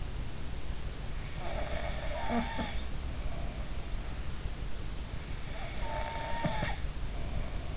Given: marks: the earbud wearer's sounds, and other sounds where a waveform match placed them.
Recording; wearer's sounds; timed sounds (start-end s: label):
sounds in sleep by an in-ear microphone; snoring breath
1.57-3.77 s: snoring breath
5.40-7.77 s: snoring breath